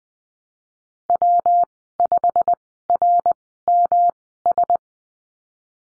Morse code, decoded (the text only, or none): W5RMS